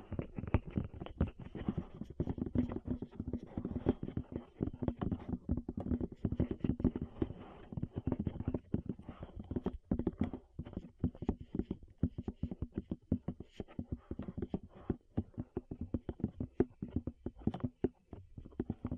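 Rapid, irregular tapping knocks pile up densely for the whole stretch, thudding and low-pitched with a dull midrange ring and no pauses.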